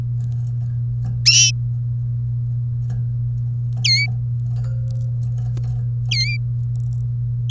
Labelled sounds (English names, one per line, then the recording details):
Domestic Canary song
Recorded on 30 April 2018 at 12:46
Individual llb3